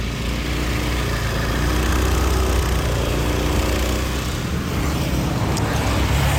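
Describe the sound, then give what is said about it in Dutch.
A small motor scooter engine, a Gojek ride with a passenger on the back, drones steadily at constant loudness through city traffic on the way to South Jakarta, its low buzzing hum mixed with broad traffic and road noise and no speech. “Dus ik pak eventjes de Gojek, oftewel achter op de scooter, om even door de stad te crossen naar dat teentje waar je die kapsalon kan halen.”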